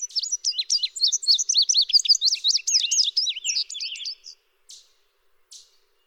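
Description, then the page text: Indigo bunting song: a fast run of high, sweet, slurred notes for about four seconds, followed by two faint chips. "Chris Parrish - Индиговый овсянковый кардинал (Passerina cyanea)"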